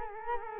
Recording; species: mosquito wingbeat signal from an infrared sensor; Culex quinquefasciatus